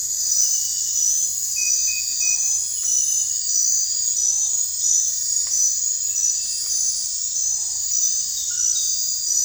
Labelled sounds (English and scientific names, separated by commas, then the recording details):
none
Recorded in dense forest near Puerto Asís, Putumayo, Colombia, on 21 December 2024 at 23:30
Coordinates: 0.468, -76.322
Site G071